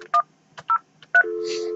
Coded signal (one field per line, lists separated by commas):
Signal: DTMF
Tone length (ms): 90 ms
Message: 103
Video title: Panasonic Remote Phones